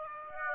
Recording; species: mosquito wingbeat signal from an infrared sensor; Aedes aegypti